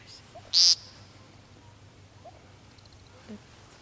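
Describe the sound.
Woodcock uttering one short, harsh, high buzzy note early on, followed by quiet with a few faint soft sounds.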